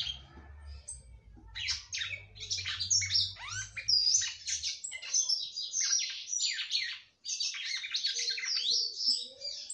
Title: Galo De Campina